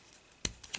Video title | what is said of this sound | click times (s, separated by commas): Hasbro Transformers Titans Return Legends Gnaw Review | really hard the first time to actually pop into place I almost thought I was going to break it but then all of a sudden they just | 0.5 s